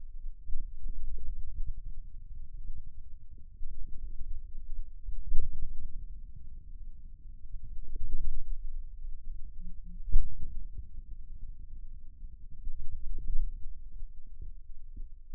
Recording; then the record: forearm muscle sounds (acoustic myography)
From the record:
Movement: ulnar deviation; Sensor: system 2, bracelet of six BSWA MPA416 microphones around the upper forearm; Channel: 2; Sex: male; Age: 22 years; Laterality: right